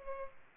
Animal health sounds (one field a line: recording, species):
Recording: mosquito wingbeat signal from an infrared sensor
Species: Culex pipiens